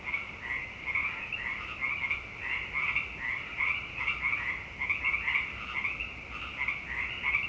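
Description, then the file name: Many frogs croak together, a constant throbbing chorus of short pulsed calls with frequent louder peaks. "frogpocalypse"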